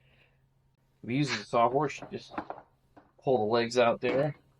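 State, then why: Not seated. A Worx Pegasus portable work table, a folding sawhorse rated to hold 1,000 lbs, is handled as its folding legs are pulled out. Someone talks throughout, and no click is heard. The leg has not yet locked into place.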